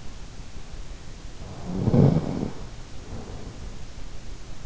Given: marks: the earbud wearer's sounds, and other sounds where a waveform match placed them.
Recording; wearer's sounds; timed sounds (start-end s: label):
sounds in sleep by an in-ear microphone; snoring breath
1.33-3.86 s: snoring breath